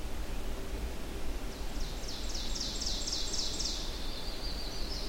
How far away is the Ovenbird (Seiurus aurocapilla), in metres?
about 60 m